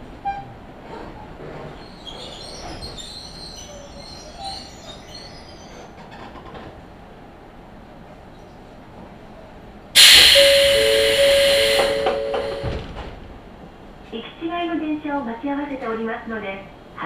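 Inside a train on the Izuhakone Railway and Tokaido Line, a low steady rumble runs under faint murmuring voices. At ten seconds a loud chime with a sustained tone bursts in and slowly fades, then a voice announcement follows from about fourteen seconds.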